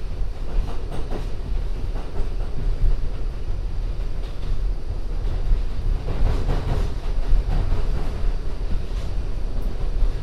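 A binaural recording of an MTA subway ride: a steady, dense low rumble with scattered rattles and brief clacks throughout, nothing standing out.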